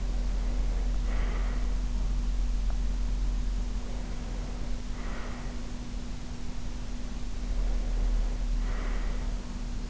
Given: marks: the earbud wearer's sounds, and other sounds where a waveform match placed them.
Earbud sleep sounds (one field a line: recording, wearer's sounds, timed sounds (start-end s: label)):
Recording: sounds in sleep by an in-ear microphone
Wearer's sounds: breath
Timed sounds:
0.00-1.74 s: breath
3.77-5.58 s: breath
7.48-9.26 s: breath